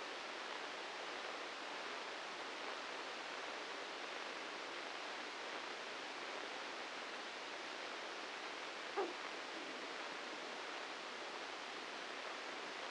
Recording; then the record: brain microelectrode recording played as sound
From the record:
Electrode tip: inside the subthalamic nucleus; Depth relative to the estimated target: 0 mm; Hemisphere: left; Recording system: NeuroSet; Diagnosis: Parkinson's disease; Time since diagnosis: 10 years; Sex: male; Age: 56 years